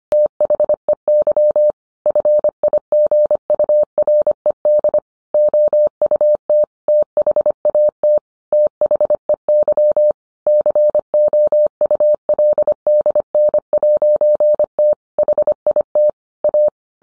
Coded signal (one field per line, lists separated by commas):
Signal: Morse code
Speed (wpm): 25 wpm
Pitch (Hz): 600 Hz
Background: none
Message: THEY FIGURED OUT THAT THEY COULDN'T HIT A